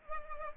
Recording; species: mosquito wingbeat signal from an infrared sensor; Culex pipiens